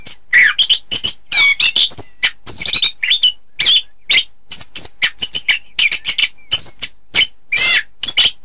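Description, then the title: Thrush song, a fast varied run of sharp chirps, squeaky whistles and harsh notes, tumbling almost continuously with short pauses. "Suara Burung Anis"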